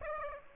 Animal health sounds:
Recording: mosquito wingbeat signal from an infrared sensor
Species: Aedes aegypti

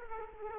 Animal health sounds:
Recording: mosquito wingbeat signal from an infrared sensor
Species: Aedes aegypti

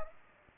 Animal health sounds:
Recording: mosquito wingbeat signal from an infrared sensor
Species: Aedes aegypti

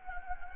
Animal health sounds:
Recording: mosquito wingbeat signal from an infrared sensor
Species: Anopheles gambiae

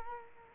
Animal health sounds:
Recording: mosquito wingbeat signal from an infrared sensor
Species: Culex quinquefasciatus

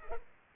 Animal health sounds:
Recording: mosquito wingbeat signal from an infrared sensor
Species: Culex pipiens

